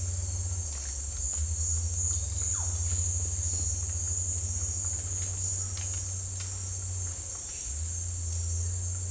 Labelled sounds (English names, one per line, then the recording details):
none
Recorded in dense forest near Puerto Asís, Putumayo, Colombia, on 16 December 2024 at 08:00
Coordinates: 0.466, -76.327
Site G075